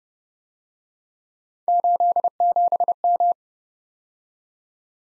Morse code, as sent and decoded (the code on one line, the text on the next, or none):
---.. --... --
87M